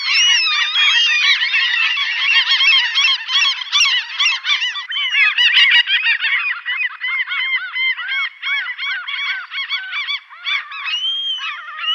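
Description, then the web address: Common gull chorus: many overlapping nasal, mewing yelps from several birds calling continuously throughout. "Schulze Peter Common Gull"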